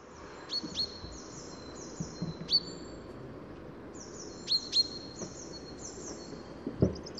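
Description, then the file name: Common chaffinch calls, short sharp downward chips given singly and in pairs at irregular intervals, with faint high thin notes over a low background hiss. "Fringilla coelebs"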